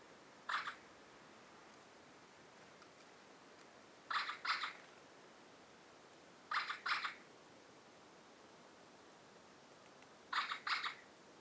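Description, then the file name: Eurasian magpie calling: four harsh calls, a single note then three double notes, each short and grating, spaced two to four seconds apart over a steady hiss. "Pica pica"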